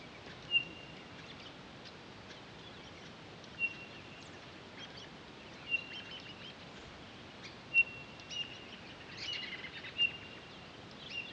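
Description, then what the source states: Townsend's solitaire giving clear, flat, high whistled single notes, five spaced irregularly over about ten seconds, with faint chirps in the background. Recorded 23 October 2011.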